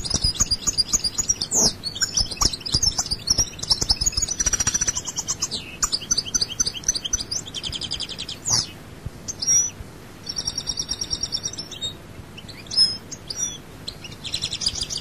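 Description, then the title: European goldfinch song with liquid twittering phrases, drawn-out high whistles and repeated buzzy trills, broken by short pauses. "Chant Chardonneret"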